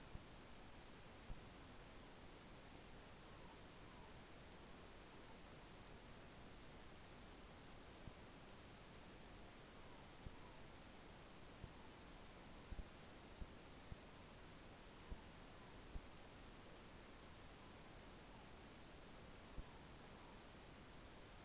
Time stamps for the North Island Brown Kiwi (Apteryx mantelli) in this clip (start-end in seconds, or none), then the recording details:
none. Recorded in New Zealand on 14 February 2013. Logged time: 02:13. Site DH65